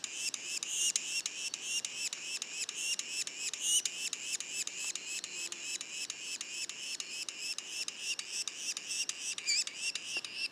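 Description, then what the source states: Yellow-bellied sapsucker juveniles giving nasal, harmonic rising calls, repeated steadily about three and a half times per second, each ending in a sharp click. Juveniles, Mont-Orford National Park, Quebec; mono recording.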